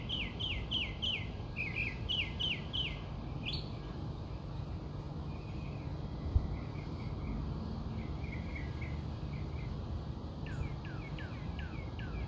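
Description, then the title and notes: Birds singing quick downward-swept chirps in short bursts, then softer twittering notes, over a steady low rumble of background noise. Birds singing outside the recordist's house. "Bird Songs Part Two. More bird songs outside my house"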